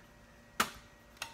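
A plastic cover or bracket on the back of a Dell 23 Model 5348 Series all-in-one desktop computer is slid back into place during reassembly after a hard drive replacement. Two sharp plastic ticks sound at 0.6 s and a softer one at 1.2 s as it clicks in. The cover is seated, though the seating is uncertain because a part appears to be misplaced and needs pushing back down.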